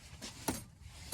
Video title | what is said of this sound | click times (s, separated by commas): Easy Ford Ranger Fuel Pump Swap | and it's clicked | 0.5 s